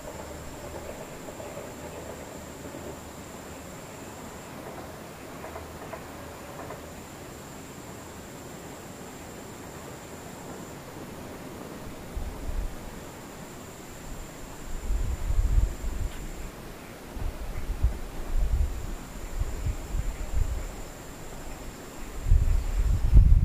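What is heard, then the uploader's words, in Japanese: Near-silence with distant insects: a thin, steady high-pitched whine runs through most of the clip, breaking off briefly a few times. The first half is very quiet. From about twelve seconds, low rumbling gusts come and go, strongest after fifteen seconds and again at the end. 無音遠くにムシ。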